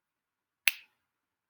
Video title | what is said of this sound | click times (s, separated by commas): 9/14/20 Mon. Math Lesson 12A Part 1 | you hear it it should click and snap | 0.7 s